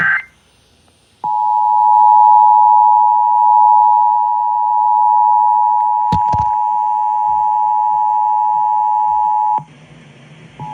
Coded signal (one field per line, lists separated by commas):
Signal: Emergency Alert System (SAME) tones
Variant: 853 and 960 Hz attention tone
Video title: EAS TORNADO WARNING ON WDRC-FM!